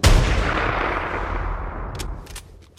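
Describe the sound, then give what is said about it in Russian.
A single loud gunshot, fired at a cyborg and missing, cracks out, then booms and rumbles as it slowly fades over a couple of seconds, with a few faint high clicks near the end. No voices. “Киборг резко отпрыгнул в сторону, и лишь затем я услышал грохот выстрела.”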